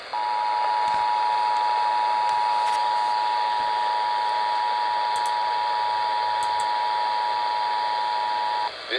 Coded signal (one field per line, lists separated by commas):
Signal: Emergency Alert System (SAME) tones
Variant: 853 and 960 Hz attention tone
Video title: Washington Statewide EAS Test on KIRO via Online SDR (4/8/23)